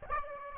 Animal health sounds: mosquito wingbeat signal from an infrared sensor; Aedes albopictus

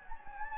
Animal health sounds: mosquito wingbeat signal from an infrared sensor; Anopheles gambiae

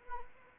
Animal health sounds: mosquito wingbeat signal from an infrared sensor; Anopheles arabiensis

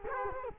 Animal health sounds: mosquito wingbeat signal from an infrared sensor; Culex quinquefasciatus

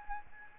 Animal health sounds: mosquito wingbeat signal from an infrared sensor; Aedes albopictus

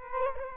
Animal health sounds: mosquito wingbeat signal from an infrared sensor; Culex quinquefasciatus

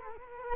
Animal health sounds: mosquito wingbeat signal from an infrared sensor; Culex quinquefasciatus

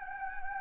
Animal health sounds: mosquito wingbeat signal from an infrared sensor; Anopheles gambiae

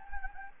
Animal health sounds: mosquito wingbeat signal from an infrared sensor; Anopheles gambiae

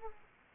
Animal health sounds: mosquito wingbeat signal from an infrared sensor; Aedes aegypti

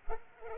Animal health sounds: mosquito wingbeat signal from an infrared sensor; Culex pipiens

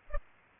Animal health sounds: mosquito wingbeat signal from an infrared sensor; Culex pipiens

